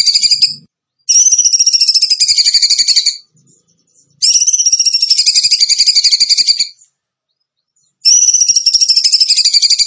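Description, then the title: Bird song: several long, fast, high trills with a slightly wavering pitch, each a few seconds long, separated by short silences. Masteran (training recording), tembakan gacor song style. "Masteran Burung Tembakan Gacor"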